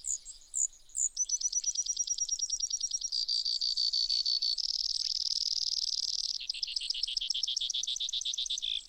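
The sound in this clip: Brewer's sparrow song: a long chain of trills that change speed and pitch, with a steady buzzy section in the middle.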